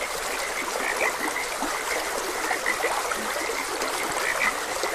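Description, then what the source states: Frogs croaking in short, high, chirpy notes scattered throughout, set against a steady rush of flowing stream water. Frogs croaking beside a gentle stream.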